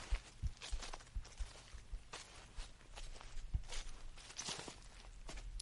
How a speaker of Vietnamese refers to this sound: Bước ra khỏi tán dây leo, bỗng nghe có tiếng sột soạt từ phía sau, tựa như có cái gì đi theo mình. Tiếng bước chân vô cùng nhỏ, lại nhịp bước thận trọng, lão biết ngay đây là kẻ không tầm thường.